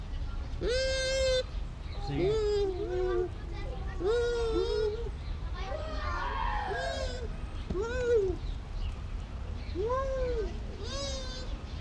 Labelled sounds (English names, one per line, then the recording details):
Bush Dog call
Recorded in captivity
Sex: pair
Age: adult
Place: Zoo Berlin, Berlin, DE
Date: 1994-10-01 11:47
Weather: wolkig (Regen)-heiter, 12°C
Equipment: Marantz CP 430, Sennheiser ME 80, Kopie Uher Variocord 263
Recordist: Tembrock, Günter